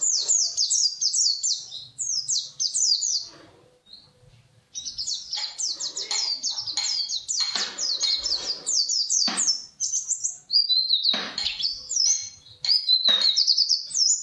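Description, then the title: White-eye song: rapid high twittering phrases of descending slurred notes, nearly continuous with a short pause near four seconds, bursts of lower rustling noise between. Song style described as ngalas ngeroll. "Kumpulan Pleci Ngalas Ngeroll"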